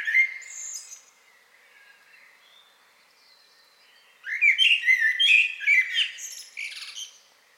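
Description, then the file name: Common blackbird: the tail of a phrase fades out, a long quiet pause follows, then one loud phrase of fluted whistles and high chattering twitters. "Turdus merula"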